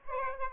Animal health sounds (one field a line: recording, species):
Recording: mosquito wingbeat signal from an infrared sensor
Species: Aedes albopictus